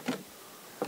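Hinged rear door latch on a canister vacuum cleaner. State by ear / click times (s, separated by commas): not seated / none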